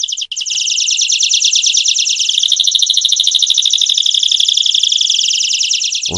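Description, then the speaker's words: Canary song, a long trill of rapid, even high notes with a faint higher buzzy layer joining midway, ending with a low thump. A single canary, played back on the radio. "que vous entendez à présent, c'est un canari."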